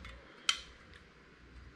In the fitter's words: and then that's where it catches right there so there is a little bit of play in there